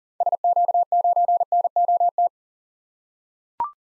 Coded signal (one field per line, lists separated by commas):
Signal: Morse code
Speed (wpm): 38 wpm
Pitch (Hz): 700 Hz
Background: none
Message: SQ9NOT